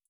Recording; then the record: hydrophone in a shrimp aquaculture tank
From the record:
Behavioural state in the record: feeding